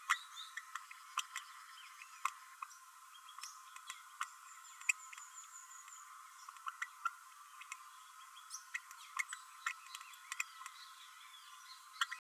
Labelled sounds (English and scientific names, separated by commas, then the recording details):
Green-rumped Parrotlet (Forpus passerinus) babbling
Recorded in a nest box in Venezuela
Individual 18B12A3